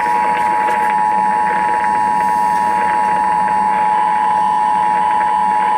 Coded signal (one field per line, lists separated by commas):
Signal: Emergency Alert System (SAME) tones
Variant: 853 and 960 Hz attention tone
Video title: KNOCKEMSTIFF... EAS Alerts from 7/6/22 (EAS #7,602 - 7,618)